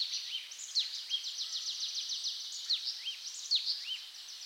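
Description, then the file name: Marsh tit calling: a quick run of high, clipped notes mixed with sharp falling notes and short arched chirps, repeated throughout. "Poecile palustris"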